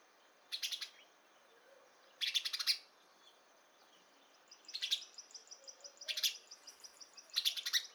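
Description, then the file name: House sparrow giving clusters of loud, buzzy chirps at irregular intervals, with a fast high-pitched ticking run from another caller toward the end. "Passer domesticus"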